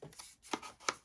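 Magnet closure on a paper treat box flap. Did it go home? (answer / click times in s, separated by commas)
yes / 0.9 s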